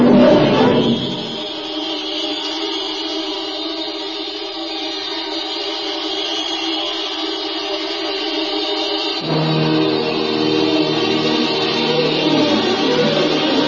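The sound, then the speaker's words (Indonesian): A car engine roars at speed in a steady, broad drone, then shifts partway through to a louder, deeper rumble as it pushes harder. No voices are heard. “Sopir, ayo tancap gasnya terus, kataku.”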